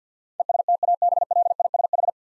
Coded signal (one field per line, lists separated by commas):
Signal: Morse code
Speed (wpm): 50 wpm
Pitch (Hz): 700 Hz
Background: none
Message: ESTABLISH